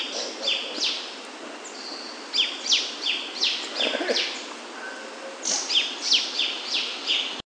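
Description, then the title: Yellow-green Grosbeak song: three bursts of quick, sharply falling whistled notes, several per burst, over a steady background hiss. "LuckyPassaro Completos2Sama. Yellow-green Grosbeak (Caryothraustes canadensis)"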